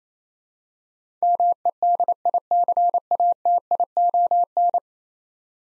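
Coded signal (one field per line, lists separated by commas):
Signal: Morse code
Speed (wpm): 28 wpm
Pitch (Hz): 700 Hz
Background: none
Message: MEDICATION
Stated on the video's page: Morse practice drill of ten-letter words at 28 wpm for head-copy, each word sent, spoken, then sent again.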